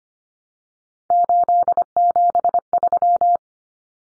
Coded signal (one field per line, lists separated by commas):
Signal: Morse code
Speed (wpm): 25 wpm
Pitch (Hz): 700 Hz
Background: none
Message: 873